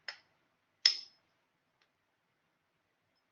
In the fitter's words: Okay, so that clicking sound was the circlip that clicked into the groove.